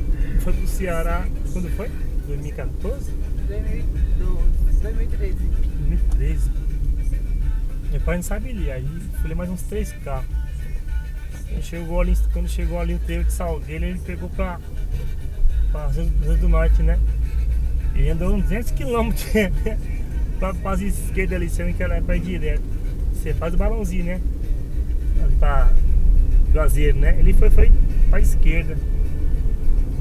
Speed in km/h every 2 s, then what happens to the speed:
39, 36, 31, 22, 16, 11, 13, 17, 23, 29, 33, 36, 35, 39, 43.
0-9 slows to 11. 11-21 speeds up to 36. 24-30 speeds up to 43.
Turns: none.